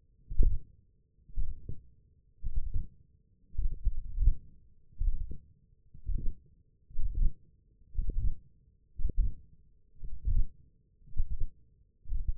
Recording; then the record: forearm muscle sounds (acoustic myography)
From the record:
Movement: wrist extension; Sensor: system 1, eight BSWA MPA416 microphones around the upper forearm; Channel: 1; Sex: male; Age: 21 years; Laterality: right